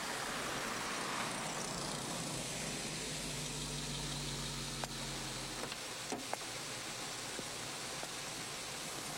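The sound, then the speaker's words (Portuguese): A car engine idles with a steady low rumble and a faint droning hum, while a few sharp clicks and small knocks pop up briefly partway through; no one speaks. “Agora, para o carro.”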